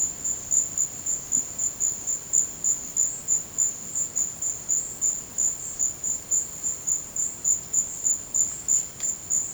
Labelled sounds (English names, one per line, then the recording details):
none
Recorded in dense forest near Puerto Asís, Putumayo, Colombia, on 19 March 2025 at 13:30
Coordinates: 0.481, -76.323
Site G088